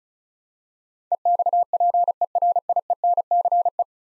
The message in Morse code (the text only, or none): EXPERIENCE